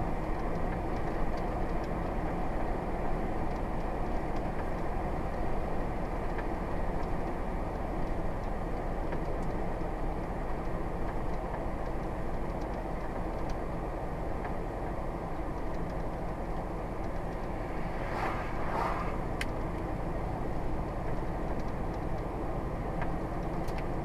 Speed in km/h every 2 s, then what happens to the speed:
63, 61, 61, 60, 56, 56, 55, 55, 55, 56, 56, 58.
0-11 slows to 55. 11-24 steady at about 55.